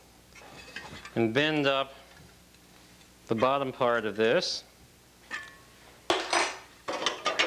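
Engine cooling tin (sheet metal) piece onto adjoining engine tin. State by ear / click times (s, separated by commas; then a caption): seated / 6.1 s. A steel engine cooling tin piece from a 356 engine, its bottom tab bent up with pliers, is pushed over the adjoining engine tin while someone talks. It snaps into place with a sharp metallic click at 6.1 s, followed by a few more light metal clatters as it settles.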